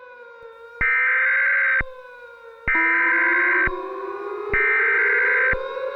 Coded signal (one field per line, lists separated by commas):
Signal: Emergency Alert System (SAME) tones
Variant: header bursts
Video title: A Severe Disruption (EAS Scenario)